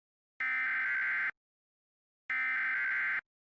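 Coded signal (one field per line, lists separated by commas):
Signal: Emergency Alert System (SAME) tones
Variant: header bursts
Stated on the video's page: Fictional mock EAS alert, "The Roach Invasion" part 3.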